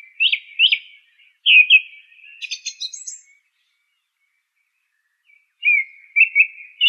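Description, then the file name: Song thrush singing short clear phrases, each given twice in quick succession, then a buzzy high burst. A pause follows before more low twittering notes. "suara kicauan burung song thrush. omkicau"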